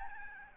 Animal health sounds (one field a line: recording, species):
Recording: mosquito wingbeat signal from an infrared sensor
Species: Aedes albopictus